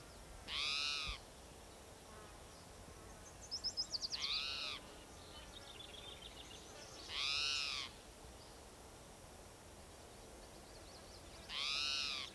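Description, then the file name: Spotted Towhee giving a drawn-out, raspy mewing cry four times, several seconds apart, with a brief rattling trill and steady outdoor noise. Individual number 7 giving cries; Gibson Jack Creek, Bannock County, Idaho, 27 June 2006. "Cicero 27 Jun 2006 Pmaculatus"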